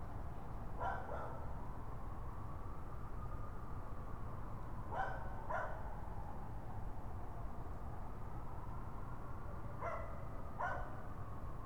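Raccoon calls in paired short, raspy yelps repeated every few seconds, with a soft wavering hum and steady low rumble throughout.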